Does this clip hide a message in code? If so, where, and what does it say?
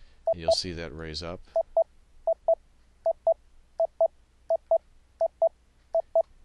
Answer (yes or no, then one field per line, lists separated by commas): no